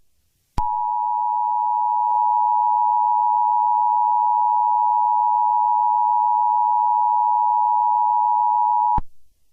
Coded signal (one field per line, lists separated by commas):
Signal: Emergency Alert System (SAME) tones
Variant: 853 and 960 Hz attention tone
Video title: EAS Scenario #24: Mickey Error III The Next Chapter